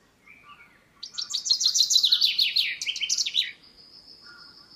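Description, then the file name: Common chaffinch song: a bright, rattling run of notes descending in steps, ending in a quick flourish, followed by a thin high sustained note; soft calls before it. "Fringilla coelebs"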